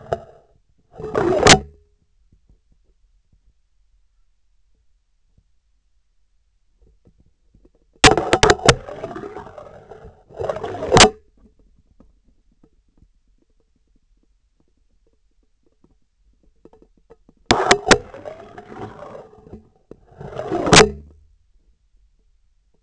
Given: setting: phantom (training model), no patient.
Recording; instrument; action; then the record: laparoscopic instrument, vibration sensor on the handle end; scissors; insertion and removal through the trocar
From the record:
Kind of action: spatial motion